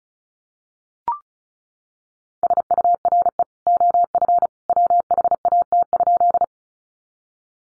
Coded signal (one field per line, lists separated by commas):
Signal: Morse code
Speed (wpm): 34 wpm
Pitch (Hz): 700 Hz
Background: none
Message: SURE OF WHAT?